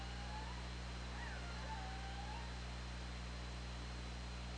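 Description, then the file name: Killer whale calls, overlapping level and rising tonal whines with harmonics during the first two and a half seconds, then only steady hum and hiss. OrcaLab hydrophone recording, 24 August 2017, 20:58. "Orca Lab UTLN 20170824 205808"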